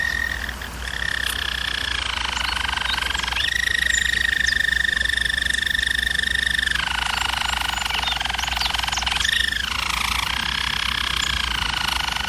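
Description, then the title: German Roller canary delivering long, smooth rolled trills, alternating between a higher steady roll and lower deeper passages over a constant background hum. German Roller canary singing, for canary training. "German Roller Canary Singing - Canary Training Vid"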